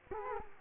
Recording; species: mosquito wingbeat signal from an infrared sensor; Culex quinquefasciatus